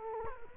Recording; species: mosquito wingbeat signal from an infrared sensor; Culex quinquefasciatus